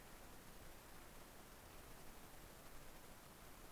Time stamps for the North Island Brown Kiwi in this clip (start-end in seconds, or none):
none